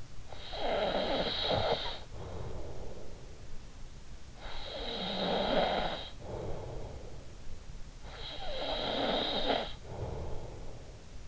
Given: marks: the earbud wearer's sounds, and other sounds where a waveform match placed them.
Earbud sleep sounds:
sounds in sleep by an in-ear microphone; snoring breath
0.00-3.40 s: snoring breath
4.09-7.43 s: snoring breath
8.03-11.28 s: snoring breath

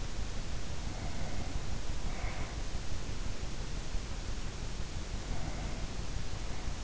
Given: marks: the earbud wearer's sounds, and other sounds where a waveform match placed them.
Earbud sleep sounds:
sounds in sleep by an in-ear microphone; breath
0.73-2.64 s: breath
5.12-6.84 s: breath

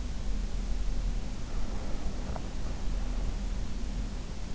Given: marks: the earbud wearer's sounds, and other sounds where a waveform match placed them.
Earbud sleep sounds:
sounds in sleep by an in-ear microphone; breath
1.43-3.52 s: breath

